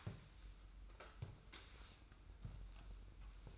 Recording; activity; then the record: daily activity, microphone in the room; sweep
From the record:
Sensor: 2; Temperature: 25.1 degrees Celsius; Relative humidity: 45.4%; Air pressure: 990.3 hPa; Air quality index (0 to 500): 210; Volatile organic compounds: 1000 ppm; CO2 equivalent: 6742 ppm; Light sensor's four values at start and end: 28/65/27/27 and 16/36/16/17